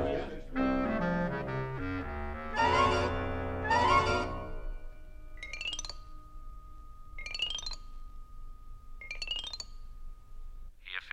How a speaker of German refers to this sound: wollen wir darauf anstoßen. Anni, ja, füllen Sie doch die Gläser nach.